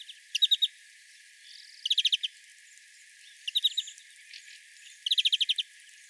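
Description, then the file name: European greenfinch giving short rapid trills of several chattering notes, repeated about every one and a half seconds, with faint softer twittering between bursts. "Chloris chloris"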